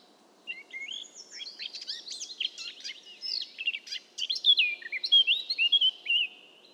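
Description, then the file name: Eurasian blackcap song, a long, busy scratchy warble that builds into louder, clearer whistled notes over the last two seconds. "Sylvia atricapilla"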